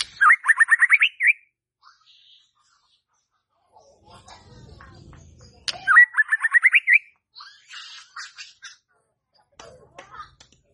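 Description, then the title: White-rumped shama song, two fast bursts of rising whistled notes, with faint low rumbling between them and scattered soft chirps after. Lure (pancingan) to stimulate stressed, stalled (macet) white-rumped shamas. "PANCINGAN Murai Batu STRES & MACET"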